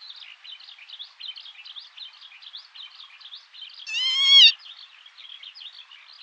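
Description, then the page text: Northern lapwing call: one loud, wheezy, harmonic-rich slurred note near the four-second mark, over dense, continuous high chattering of many small birds. Winter visitor at Seosan, Korea; uncommon winter migrant there from early November to late March on tidal flats, inland wetlands and rice fields. "댕기물떼새(Northern Lapwing)"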